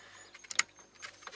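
While refitting the in-tank fuel pump/filter assembly on a BMW E61, an electrical connector is pushed onto its socket on the fuel pump/sender unit. Two sharp clicks at 0.5 s and 0.6 s, the second louder, stand out among a few faint handling taps. The connector seats.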